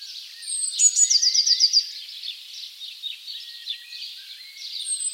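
Bird call: a fast run of high repeated notes lasting under a second, then softer chirps against a continuous high-pitched background buzz.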